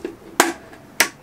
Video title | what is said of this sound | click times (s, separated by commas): Improving the look of my Bell Custom 500 with a BILTWELL CHROME ANTI-FOG BUBBLE VISOR | it was pretty simple as you can hear the clicks | 0.4 s, 1.0 s